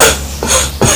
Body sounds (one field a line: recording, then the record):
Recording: coughing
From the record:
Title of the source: Spring Cold Coughing 2